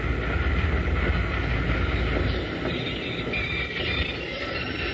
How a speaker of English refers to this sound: Yo! Gotta get this train stopped. Come on, you iron horse, pull up!